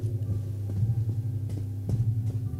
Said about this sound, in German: Schritte.